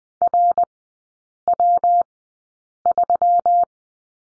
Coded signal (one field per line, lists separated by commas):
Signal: Morse code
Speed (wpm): 20 wpm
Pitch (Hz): 700 Hz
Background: none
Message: RW3